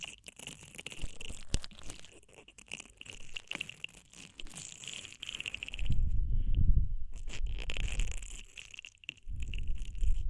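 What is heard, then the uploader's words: Ear cleaning with scratchy, crackling rubs and sharp clicks, steady through the first six seconds with a bright hiss running along. Around six seconds and again near nine, deep rumbling thuds swell in, muffled and heavy, between stretches of quieter scraping. DEEP Ear Penetrating Cleaning.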